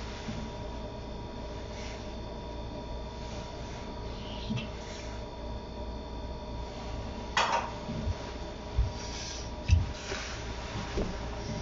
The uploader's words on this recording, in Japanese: キッチンでの物音をお送りします。主に粕漬けを作るための粕床を作っています。